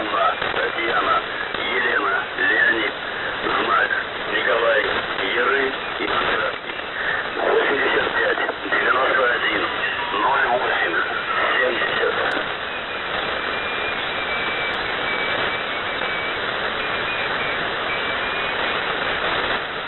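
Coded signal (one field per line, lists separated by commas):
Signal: coded military voice message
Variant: The Pip, Russian voice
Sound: a voice reading a message through heavy shortwave static and hiss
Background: radio static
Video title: The Pip | 17th August 2023 | Monolith Voice Message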